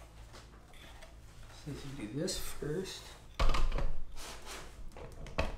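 A monitor panel is handled and fitted toward its stand mount after the stand bolts have been tightened, with shuffling, rubbing handling noise and brief knocks around 3.8 s and 5.4 s while someone talks. Nothing has clicked or seated onto the stand yet.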